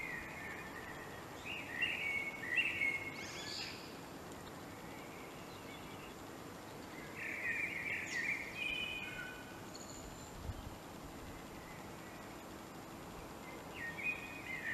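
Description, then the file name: Common blackbird song of mellow fluted warbles, three phrases spaced several seconds apart, the first two ending in a high twitter, with steady background hiss. "Turdus merula"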